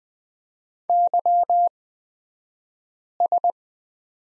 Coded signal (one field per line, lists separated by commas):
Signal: Morse code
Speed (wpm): 20 wpm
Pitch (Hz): 700 Hz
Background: none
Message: YS